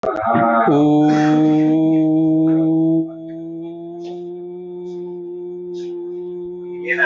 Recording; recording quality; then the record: sustained vowel as in boot; moderate, slight background noise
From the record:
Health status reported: healthy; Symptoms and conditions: none ticked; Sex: male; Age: 26 years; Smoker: not ticked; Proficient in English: yes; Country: India